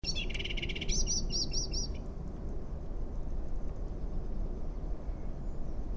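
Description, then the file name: Eurasian blackbird giving a short rattle, then a quick series of thin, high repeated call notes in the first two seconds, over steady low background rumble. "Turdus merula"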